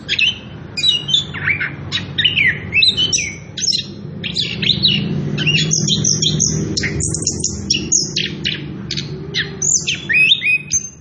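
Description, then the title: Orange-headed thrush pouring out a long, varied warbling song of whistled slurs, chips and trills, continuous throughout, with a low droning background hum. Continuous rolling ngerol song at loud volume, used as a lure to stimulate other birds and as a tutor song for young birds. "Anis Kembang Gacor. pancingan anis kembang ngerol edan volume dasyattt cocok buat masteran trotolan"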